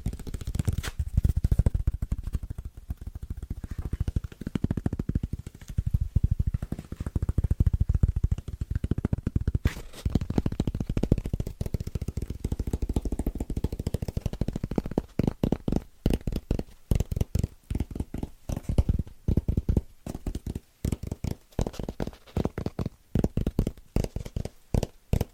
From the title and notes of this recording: ASMR Super Tingly Fast & Rhythmic Tapping On Fitness Foams (No Talking).